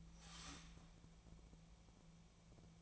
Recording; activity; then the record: daily activity, microphone in the room; start toaster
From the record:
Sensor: 1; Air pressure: 1000.2 hPa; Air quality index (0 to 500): 153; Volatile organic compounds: 3 ppm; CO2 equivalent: 1438 ppm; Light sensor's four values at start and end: 30/75/31/38 and 30/75/31/38